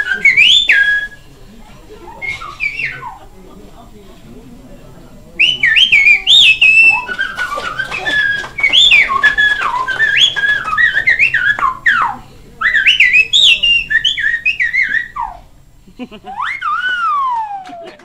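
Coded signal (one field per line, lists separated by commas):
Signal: whistled language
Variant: Silbo Gomero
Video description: I was lucky enough to catch a demonstration in a charming restaurant clinging to the mountain side.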